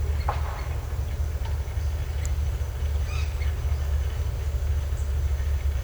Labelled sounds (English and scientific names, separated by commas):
none